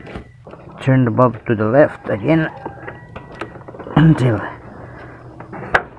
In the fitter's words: there we go, until it clicks, and you can now wiggle it out like that.